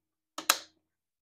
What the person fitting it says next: all right and it just clicks in place there